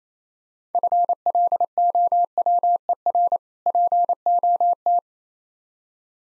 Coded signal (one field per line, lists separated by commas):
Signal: Morse code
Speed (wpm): 28 wpm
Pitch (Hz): 700 Hz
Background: none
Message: FLOWER POT